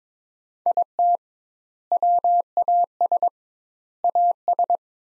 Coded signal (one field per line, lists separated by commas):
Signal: Morse code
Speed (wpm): 22 wpm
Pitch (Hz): 700 Hz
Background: none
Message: IT WAS AS